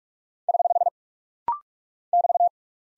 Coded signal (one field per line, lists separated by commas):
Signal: Morse code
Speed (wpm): 44 wpm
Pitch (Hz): 700 Hz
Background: none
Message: <HH> <BT>